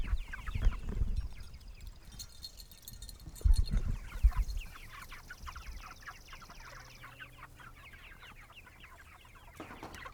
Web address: Sky Cloud Audio Post Production ATFT GOAT FARM SOUNDS Chickens